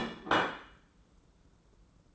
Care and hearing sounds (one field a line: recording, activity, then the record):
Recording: daily activity, microphone in the room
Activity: place plate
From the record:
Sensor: 3